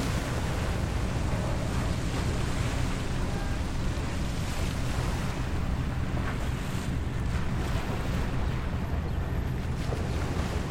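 Ambient sound of Besiktas Coast in Istanbul: a steady, dense wash of water and wind with a heavy low rumble throughout. The level stays even across the eleven seconds, with faint brief ticks and a soft hiss on top, and possibly a boat engine underneath.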